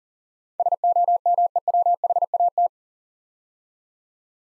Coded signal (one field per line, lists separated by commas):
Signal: Morse code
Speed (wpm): 40 wpm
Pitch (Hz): 700 Hz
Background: none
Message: SOMEWHAT